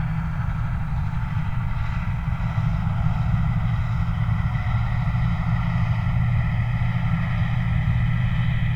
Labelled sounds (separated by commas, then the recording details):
truck
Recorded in the Prudhoe Bay oil fields, Alaska, on 29 July 2019
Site 29